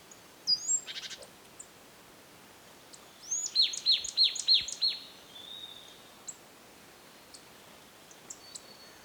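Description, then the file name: Marsh tit calling: a few thin high notes and a short buzzy burst, then a quick run of five short notes, followed by faint scattered calls. "Poecile palustris"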